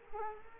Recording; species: mosquito wingbeat signal from an infrared sensor; Culex quinquefasciatus